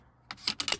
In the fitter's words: hear that snap